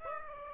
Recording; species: mosquito wingbeat signal from an infrared sensor; Aedes aegypti